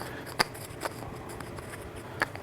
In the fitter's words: and you'll see it get you'll see it you hear it seat you hear click in